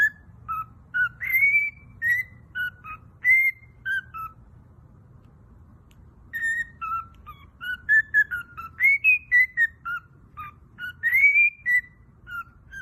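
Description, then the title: Cockatiel whistled song, a lively string of rising and falling tonal notes, pausing briefly midway before resuming. Several cockatiels singing, whistled song. "Calopsitas Cantando Assobio"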